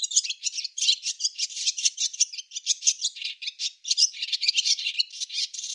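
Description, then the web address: Barn swallow twitter: a continuous, dense, scratchy chatter of rapid chirps and rattling notes with no real pause throughout. "cianscape birddata Deverinetal 2025"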